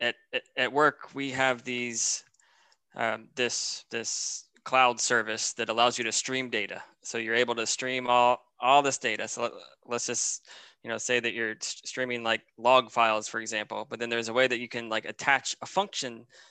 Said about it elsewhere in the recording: I'm stuttering on. I think I still do sometimes on, you know, feared words, whether it was EDI, you know, a decade ago or a different acronym or something different now.